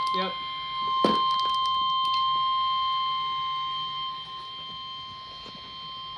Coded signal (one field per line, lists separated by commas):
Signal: Emergency Alert System (SAME) tones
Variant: 1050 Hz attention tone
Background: speech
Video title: (EAS #223-251) Enhanced Risk Mayhem (Severe Weather Alerts from 3/18/2021)